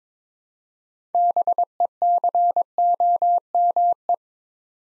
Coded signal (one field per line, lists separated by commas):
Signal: Morse code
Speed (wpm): 22 wpm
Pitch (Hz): 700 Hz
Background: none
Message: BECOME